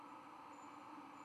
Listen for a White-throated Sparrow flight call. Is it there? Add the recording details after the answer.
no. No flight call is heard. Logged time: 23:15 on 4 November 2014